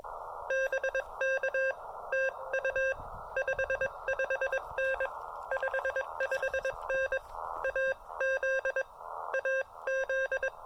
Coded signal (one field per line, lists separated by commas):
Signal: Morse code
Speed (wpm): 21 wpm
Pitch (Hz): 530 Hz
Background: none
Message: BK TU 55N 55N AZ AZ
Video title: SOTA CW Activation of Rocky Face with the Elecraft KX2 and Chameleon MPAS 2.0 antenna